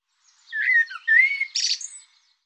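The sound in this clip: Bird singing a short phrase of warbled whistles, one drawn-out rising note, ending in a harsh buzzy burst.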